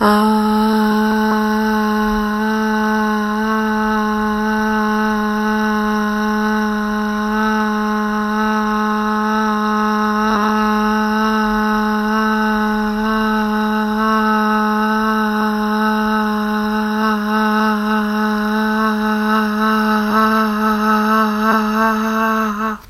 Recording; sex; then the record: sustained vowel /a/; female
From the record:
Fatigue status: no fatigue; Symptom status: asymptomatic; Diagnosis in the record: COVID-19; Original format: m4a